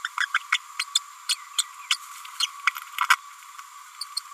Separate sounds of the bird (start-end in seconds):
0.04-0.08, 0.20-0.26, 0.34-0.39, 0.52-0.57, 0.79-0.84, 0.95-0.99, 1.29-1.36, 1.58-1.64, 1.89-1.97, 2.39-2.47, 2.67-2.71, 3.10-3.16, 4.01-4.05